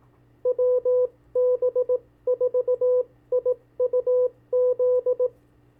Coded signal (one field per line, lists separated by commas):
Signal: Morse code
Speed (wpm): 18 wpm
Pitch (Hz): 500 Hz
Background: none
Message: WB4IUZ